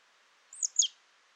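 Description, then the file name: Marsh tit giving a short pair of thin, high, downslurred notes, clear against a quiet background. "Poecile palustris"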